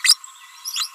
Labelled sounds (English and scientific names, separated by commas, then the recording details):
Green-rumped Parrotlet (Forpus passerinus) babbling
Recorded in a nest box in Venezuela
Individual 18B25A4